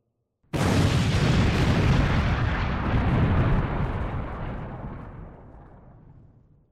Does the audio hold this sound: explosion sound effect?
yes